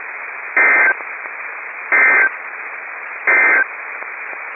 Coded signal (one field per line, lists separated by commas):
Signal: Emergency Alert System (SAME) tones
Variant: end-of-message bursts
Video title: Required Weekly Test - 03/20/19 (EAS #66)